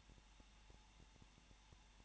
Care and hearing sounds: daily activity, microphone in the room; no activity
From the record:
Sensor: 1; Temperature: 20.1 degrees Celsius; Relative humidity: 39.4%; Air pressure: 1006.4 hPa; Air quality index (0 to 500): 218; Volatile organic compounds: 80 ppm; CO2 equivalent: 3604 ppm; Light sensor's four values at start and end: 1/2/1/1 and 1/2/1/1

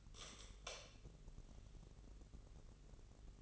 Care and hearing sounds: daily activity, microphone in the room; light on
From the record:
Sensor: 4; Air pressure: 996.1 hPa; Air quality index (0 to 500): 68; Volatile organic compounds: 2 ppm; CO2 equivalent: 1232 ppm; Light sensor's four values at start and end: 15/33/13/13 and 18/45/17/18

